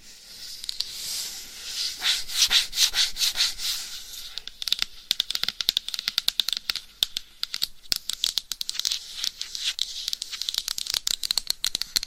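Mic scratching in a fast, dense run of raspy strokes and sharp ticks, bright and hissy with little low end. The first few seconds hold a smoother, louder rubbing swell; after about four seconds it breaks into rapid, uneven clicks and scrapes that continue to the end.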